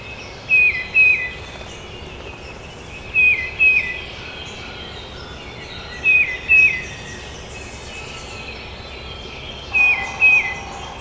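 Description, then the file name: Tufted titmouse song: a pair of falling whistled notes repeated four times, roughly every three seconds, over soft hiss. Recorded at Trempealeau on 12 May 2018. "2018-05-12 TUTI-Trempealeau"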